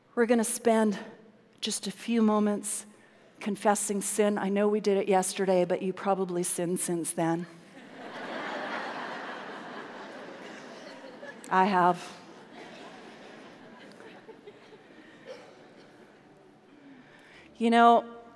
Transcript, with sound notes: We’re going to spend just a few moments confessing sin. I know we did it yesterday, but you’ve probably sinned since then. (laughter) I have. You know,